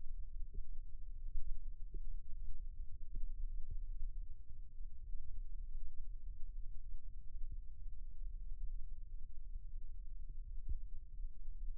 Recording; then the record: forearm muscle sounds (acoustic myography)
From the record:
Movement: rest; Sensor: system 2, bracelet of six BSWA MPA416 microphones around the upper forearm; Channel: 5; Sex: male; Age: 22 years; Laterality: right